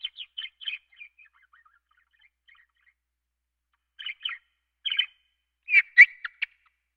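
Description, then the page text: Monk parakeet calls, short harsh chattering notes in bursts with a long gap of silence, ending in louder screechy squawks. "Monk Parakeet. Quick Sounds"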